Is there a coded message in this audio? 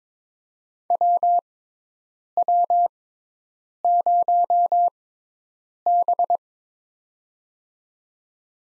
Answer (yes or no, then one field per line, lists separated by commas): yes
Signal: Morse code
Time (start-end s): 0.9-6.4 s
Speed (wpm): 21 wpm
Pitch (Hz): 700 Hz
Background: none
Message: WW0B